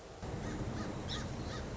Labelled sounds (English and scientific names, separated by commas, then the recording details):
Song Sparrow (Melospiza melodia)
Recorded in Sonoma County, California